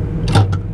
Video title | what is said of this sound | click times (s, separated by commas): Case Puma 240cvx, how I get a trailer on and off :) | So that means my pickup hitch is now locked into place. | 0.3 s, 0.5 s